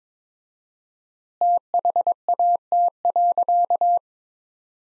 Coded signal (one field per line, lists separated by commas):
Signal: Morse code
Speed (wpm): 22 wpm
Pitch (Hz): 700 Hz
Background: none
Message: THAT.